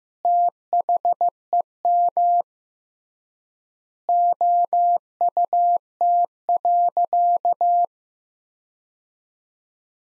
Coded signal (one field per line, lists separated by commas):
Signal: Morse code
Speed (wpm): 15 wpm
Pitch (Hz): 700 Hz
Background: none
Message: THEM OUT.